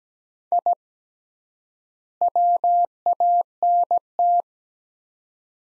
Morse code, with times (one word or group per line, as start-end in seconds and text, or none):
0.5-0.7 I
2.2-4.4 WANT